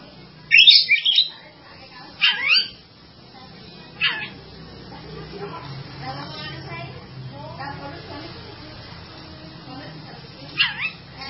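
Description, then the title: Java sparrow song opening with a cluster of quick chirps, then a few isolated notes and soft twitter, and a final brief chirp. "kicau gelatik"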